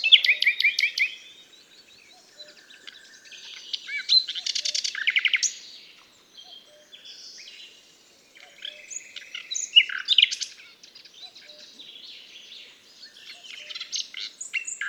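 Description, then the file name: Common nightingale song: repeated bursts of fast, rattling and whistled phrases every few seconds, with short pauses in between. "Luscinia megarhynchos"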